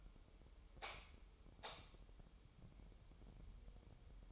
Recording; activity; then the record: daily activity, microphone in the room; light on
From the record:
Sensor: 1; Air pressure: 988.4 hPa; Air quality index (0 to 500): 199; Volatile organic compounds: 1000 ppm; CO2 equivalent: 5313 ppm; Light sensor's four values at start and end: 8/22/9/10 and 12/38/14/16